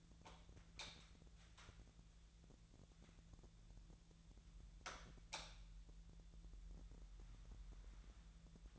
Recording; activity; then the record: daily activity, microphone in the room; light on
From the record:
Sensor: 3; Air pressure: 1000.0 hPa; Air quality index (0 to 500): 124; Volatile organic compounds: 2 ppm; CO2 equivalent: 1109 ppm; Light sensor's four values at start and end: 45/114/49/54 and 47/121/52/56